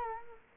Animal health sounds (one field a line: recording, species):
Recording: mosquito wingbeat signal from an infrared sensor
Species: Culex quinquefasciatus